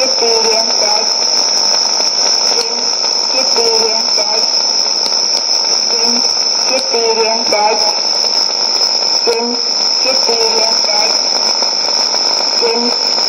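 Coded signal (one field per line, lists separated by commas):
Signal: numbers station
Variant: S06s, Russian female voice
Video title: 21 09 2016 Number station S06s Russian Lady to Eu 0742 on 12140 unknown tx site CUSB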